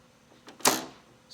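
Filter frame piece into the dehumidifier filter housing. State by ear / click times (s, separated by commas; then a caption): seated / 0.5 s. The second side of a plastic filter frame on a GE dehumidifier filter is pressed into the filter housing and snaps into place with a short click at 0.5 s, seating the frame fully. About 0.15 s later a louder broadband burst follows and fades out by roughly 1.0 s, and a faint high tone appears near the end.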